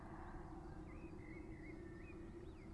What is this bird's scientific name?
Turdus merula